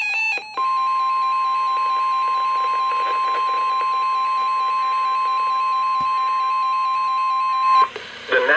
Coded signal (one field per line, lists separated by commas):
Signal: Emergency Alert System (SAME) tones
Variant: 1050 Hz attention tone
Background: music